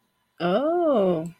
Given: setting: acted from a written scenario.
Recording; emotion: vocal sound without words; awe